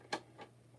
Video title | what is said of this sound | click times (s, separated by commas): MAIL TIME & BURGH UNBOXING. SUNDAY. 11-29-2020. | all right this locks into place at least so it doesn't fall like the other one | 0.1 s